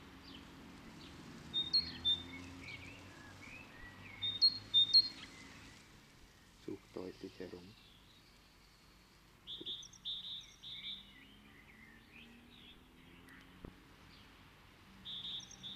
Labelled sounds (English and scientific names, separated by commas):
Great Tit (Parus major) call